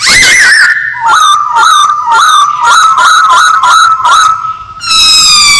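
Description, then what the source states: Masked laughingthrush song: loud run of repeated rising notes over a steady whistled tone, ending in a higher note. Singing actively (gacor).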